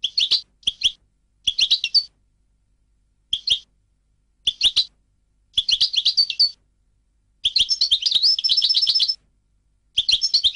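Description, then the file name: European goldfinch song: bright tinkling twitters in short bursts, then a longer rapid run of repeated notes, separated by brief silences. "audio burung goldfinch"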